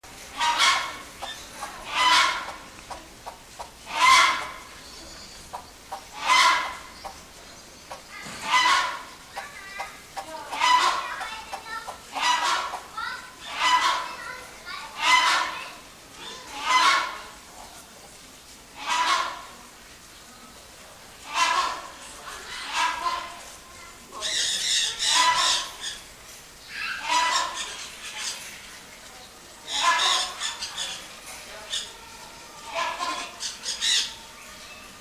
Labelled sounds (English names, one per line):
Rhinoceros Hornbill duetting